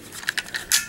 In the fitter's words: and they just kind of click into place and